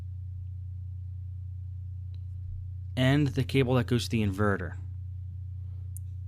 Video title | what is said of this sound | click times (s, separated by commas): دورة ( Doctor Laptop ) الدرس 19: استبدال غطاء شاشة ايسر : Screen Back Cover | the bottom there touches the inverter snaps right in there's only one way to go in easy connector | 6.0 s